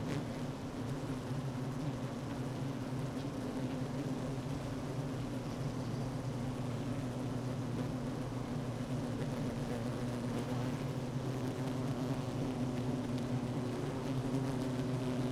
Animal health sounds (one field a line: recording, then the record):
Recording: honeybee colony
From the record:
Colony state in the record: active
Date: 12 June 2018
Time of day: 10:11